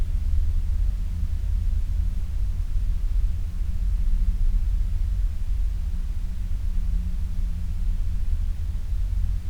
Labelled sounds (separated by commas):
flare stack